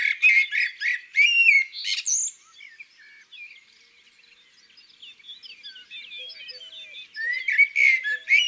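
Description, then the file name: Common blackbird song in loud scratchy bursts, then a long quieter stretch of soft twittering before the loud phrases return. In the countryside. "Merle noir Chants doiseaux dans la campagne"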